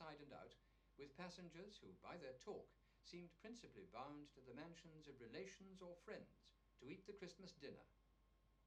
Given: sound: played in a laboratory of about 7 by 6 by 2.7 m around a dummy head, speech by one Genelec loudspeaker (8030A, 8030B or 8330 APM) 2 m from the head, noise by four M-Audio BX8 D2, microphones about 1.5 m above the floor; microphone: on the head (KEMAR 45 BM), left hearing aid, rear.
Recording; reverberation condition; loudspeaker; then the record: male speech in English; low; 30 degrees to the left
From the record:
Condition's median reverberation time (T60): about 310 ms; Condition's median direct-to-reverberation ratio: about 3.5 dB